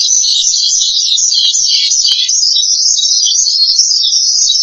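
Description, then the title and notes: Starling giving a continuous high, trilling chatter of tightly packed notes that barely pause. "suara burung jalak"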